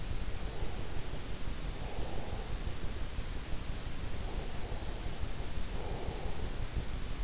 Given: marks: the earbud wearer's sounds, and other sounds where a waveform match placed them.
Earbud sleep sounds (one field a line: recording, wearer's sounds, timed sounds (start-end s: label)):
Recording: sounds in sleep by an in-ear microphone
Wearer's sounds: breath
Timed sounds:
0.00-3.31 s: breath
3.66-7.20 s: breath